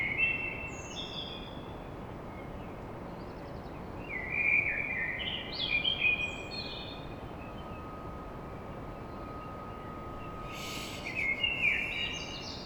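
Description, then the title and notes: Common blackbird song: several short fluty warbles with high thin twittered endings, spaced a few seconds apart, over steady hiss. Blackbird song at dawn in Paris. "Blackbird Poetry At Paris. Enregistrement d'un chant de merle à l'aube dans Paris"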